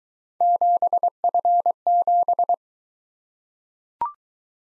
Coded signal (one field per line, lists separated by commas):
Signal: Morse code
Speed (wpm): 21 wpm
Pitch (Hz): 700 Hz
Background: none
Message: 7F7